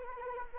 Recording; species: mosquito wingbeat signal from an infrared sensor; Anopheles arabiensis